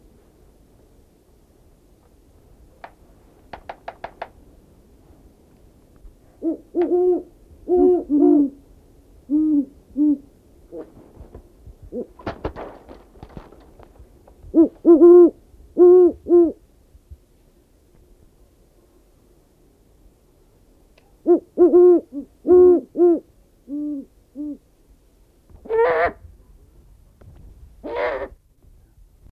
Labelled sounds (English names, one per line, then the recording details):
Great Horned Owl call
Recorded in captivity
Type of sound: call
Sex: pair
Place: Vogelpark Bad Schwartau, Schleswig-Holstein, DE
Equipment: Halbspur, 9,5 cm/s
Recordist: Lütgens, Hans
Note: Rufe eines Paares